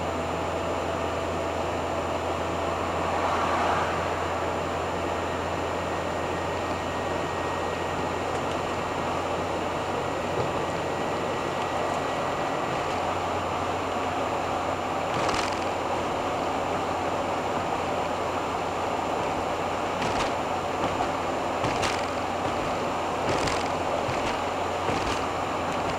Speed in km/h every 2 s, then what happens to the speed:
75, 76, 77, 78, 79, 80, 80, 79, 79, 79, 79, 79, 80.
0-26 steady at about 79.